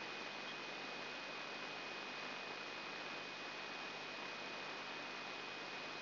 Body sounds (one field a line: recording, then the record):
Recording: brain microelectrode recording played as sound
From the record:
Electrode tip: inside the subthalamic nucleus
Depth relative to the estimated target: 2 mm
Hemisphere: right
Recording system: AlphaMap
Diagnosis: Parkinson's disease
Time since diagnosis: 8 years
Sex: female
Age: 37 years